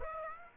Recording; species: mosquito wingbeat signal from an infrared sensor; Aedes aegypti